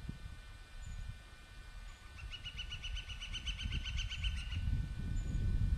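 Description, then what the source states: Woodpecker giving a fast rattling call, a rapid string of sharp repeated notes for about two and a half seconds, over a steady low rumble of background noise. Recorded on the morning of 22 March 2003, from tape.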